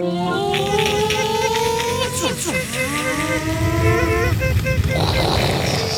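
A second airplane taking off: a steady, loud engine roar with whining tones that glide up and down, a brief dip partway through, then a rising hiss toward the end.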